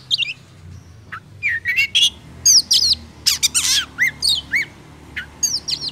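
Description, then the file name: Oriental magpie-robin song, clear downslurred and upslurred whistles with harsh buzzy bursts, delivered in spaced phrases over a faint low hum. Lure recording of kacer song used for trapping birds. "suara burung kacer pikat"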